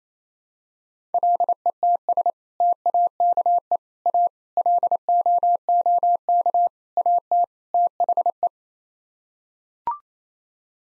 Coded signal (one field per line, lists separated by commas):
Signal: Morse code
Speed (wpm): 28 wpm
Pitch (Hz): 700 Hz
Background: none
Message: LETS TAKE A LOOK AT THE